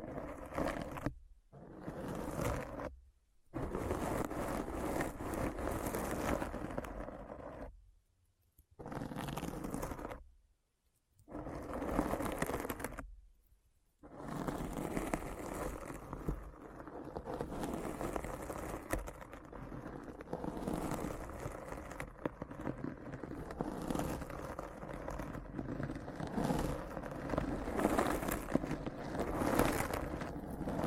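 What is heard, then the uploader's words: Deep, scratchy rasping fills the clip. It comes in short bursts split by full silences in the first fourteen seconds, then runs without a break to the end. The grainy scraping stays low and heavy, with a rough, uneven texture. ASMR Deep Brain Scratch (No Talking).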